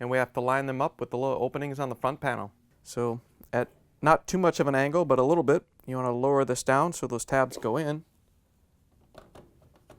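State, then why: Not seated. A Samsung dryer's control console is lowered at a slight angle so the tabs along its bottom go into the small openings on the front panel. Someone talks for the first eight seconds, then a few faint taps and knocks are heard at about 9.2, 9.4 and 9.8 seconds. The console has not been rotated back or snapped into place yet.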